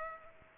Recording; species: mosquito wingbeat signal from an infrared sensor; Culex pipiens